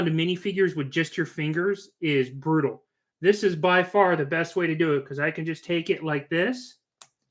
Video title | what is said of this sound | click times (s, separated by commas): Live Stream Building Custom Lego Minifigs | it locks it into place and then you go to this one right here | 7.0 s